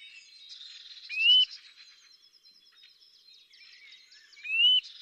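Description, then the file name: Eurasian nuthatch calls: two single ringing, rising whistles about three seconds apart, set against faint, continuous high-pitched bird twittering. "Sitta europaea"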